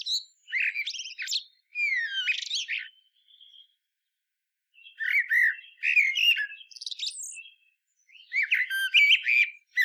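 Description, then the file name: Common blackbird song: several fluted, warbling phrases mixed with high squeaky twitters, separated by short pauses. "Turdus merula"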